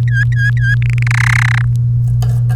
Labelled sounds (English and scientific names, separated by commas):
Domestic Canary (Serinus canaria) song